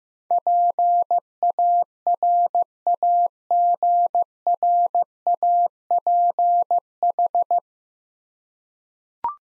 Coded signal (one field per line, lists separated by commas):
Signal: Morse code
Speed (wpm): 16 wpm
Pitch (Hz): 700 Hz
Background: none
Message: PARAGRAPH